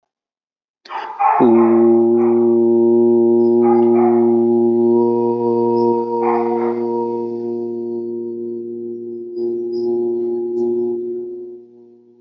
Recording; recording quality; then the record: sustained vowel as in boot; moderate, slight background noise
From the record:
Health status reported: healthy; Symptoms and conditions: none ticked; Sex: male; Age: 28 years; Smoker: not ticked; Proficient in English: yes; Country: India